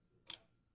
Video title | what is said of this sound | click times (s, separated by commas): Pet Malzemeleri Net - Fluval 05 Serisi Dış Filtre Kurulumu Part:1 | and push it down until it clicks | 0.3 s